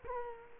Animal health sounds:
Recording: mosquito wingbeat signal from an infrared sensor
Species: Culex quinquefasciatus

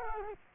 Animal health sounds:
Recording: mosquito wingbeat signal from an infrared sensor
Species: Culex quinquefasciatus

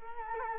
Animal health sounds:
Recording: mosquito wingbeat signal from an infrared sensor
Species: Culex quinquefasciatus

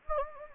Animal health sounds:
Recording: mosquito wingbeat signal from an infrared sensor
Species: Anopheles gambiae

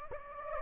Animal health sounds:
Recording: mosquito wingbeat signal from an infrared sensor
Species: Anopheles gambiae

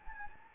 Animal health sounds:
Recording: mosquito wingbeat signal from an infrared sensor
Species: Anopheles gambiae

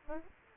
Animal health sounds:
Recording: mosquito wingbeat signal from an infrared sensor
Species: Aedes aegypti

